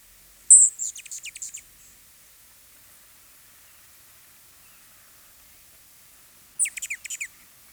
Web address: e questo e il suono emesso dal colibri di allen